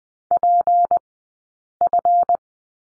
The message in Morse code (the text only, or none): PF